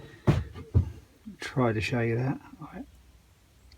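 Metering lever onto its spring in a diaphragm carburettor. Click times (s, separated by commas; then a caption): 0.3 s. While reassembling the carburettor of a Stihl KM94 RC combi power head, a metering lever hooked under the needle valve is clicked into place on its spring in the diaphragm carburettor. A sharp click sounds at 0.3 s, followed by a lighter knock around 0.8 s, and then someone talks. The lever is seated.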